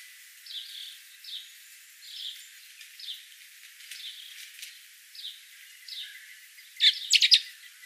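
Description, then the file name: Common blackbird calling, soft short notes repeated roughly every second, ending in a louder burst of rapid clicking chinks. "Turdus merula"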